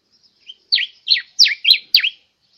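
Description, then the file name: Diuca finch delivering a short song of one soft note then five loud, sharply down-slurred whistles, evenly spaced over about one and a half seconds. "Canto da diuca"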